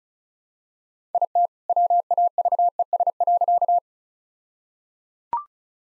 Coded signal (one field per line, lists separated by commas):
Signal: Morse code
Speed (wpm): 34 wpm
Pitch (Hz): 700 Hz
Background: none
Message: IT WAVES.